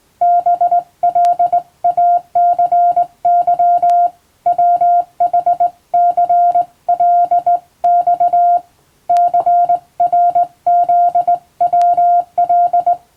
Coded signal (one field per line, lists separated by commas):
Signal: Morse code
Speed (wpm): 20 wpm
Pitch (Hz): 700 Hz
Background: none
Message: BLACY WHCLX CRZWL